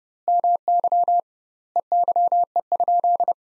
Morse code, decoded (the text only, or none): MY EYE?